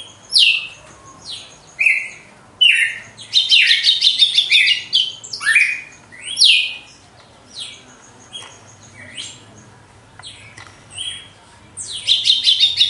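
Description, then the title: Red-cowled cardinal song: bright, slurred notes and downslurred notes in irregular bursts, with dense chattering runs. Female red-cowled cardinal singing after the moult, in a song contest. "Canto Galo Campina Fêmea. GALO DE CAMPINA DEPOIS DA MUDA (disputa)"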